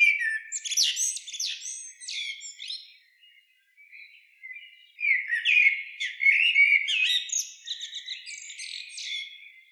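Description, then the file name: Common blackbird singing two phrases: a short squeaky, twittering burst at the start, then after a quiet gap a longer run of mellow warbles breaking into thin, chattering twitters. "Turdus merula"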